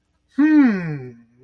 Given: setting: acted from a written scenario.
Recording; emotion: vocal sound without words; realization